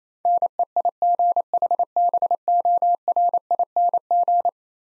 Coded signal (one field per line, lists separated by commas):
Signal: Morse code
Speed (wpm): 28 wpm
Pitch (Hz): 700 Hz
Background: none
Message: NEIGHBORING